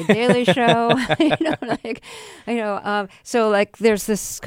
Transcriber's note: laughter